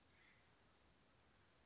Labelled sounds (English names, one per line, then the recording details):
Acorn Woodpecker
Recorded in Sonoma County, California